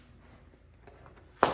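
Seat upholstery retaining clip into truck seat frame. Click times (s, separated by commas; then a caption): 1.4 s. A side upholstery retaining clip of a leather seat cover is pushed home into the seat frame of a 2021/2022 Ford F150 truck. After a quiet stretch with a few faint soft taps, it seats with a single sharp snap at 1.4 s.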